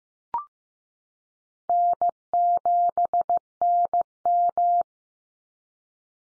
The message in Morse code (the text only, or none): N7NM